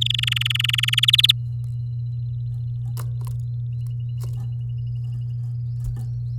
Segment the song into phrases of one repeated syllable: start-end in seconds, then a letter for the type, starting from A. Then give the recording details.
0.01-1.05 A, 1.08-1.32 B. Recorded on 10 May 2018 at 09:59. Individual llb16